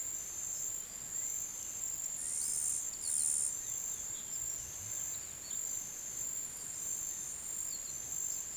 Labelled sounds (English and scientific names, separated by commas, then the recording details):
none
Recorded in pastures near Puerto Asís, Putumayo, Colombia, on 27 June 2025 at 10:30
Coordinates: 0.486, -76.323
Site H29